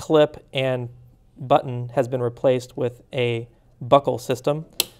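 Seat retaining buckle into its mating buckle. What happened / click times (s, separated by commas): The plastic buckle is being handled but has not clicked shut yet / none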